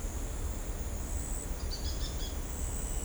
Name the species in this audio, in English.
White-whiskered Spinetail